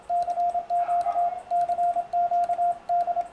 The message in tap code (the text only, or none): none